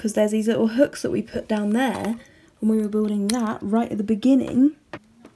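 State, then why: Not seated. Someone talks while handling a flipped section of a plastic brick building set, pushing it down so its small bars hook onto the hooks built into the base of the brick model at the start. A brief faint tap comes near 4.9 s, but the section has not yet seated or clicked into place.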